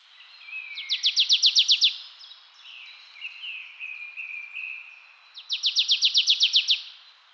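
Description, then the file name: Marsh tit delivering two bursts of rapid, evenly spaced chipping notes, each about a second long, with soft warbling twitters in between. "Poecile palustris"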